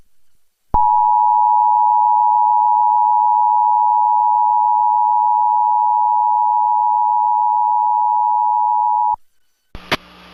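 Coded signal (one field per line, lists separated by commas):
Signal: Emergency Alert System (SAME) tones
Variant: 853 and 960 Hz attention tone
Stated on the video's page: Reenacted mock EAS tornado warning for Daviess, Greene and Martin Counties, Indiana, using valid SAME tones.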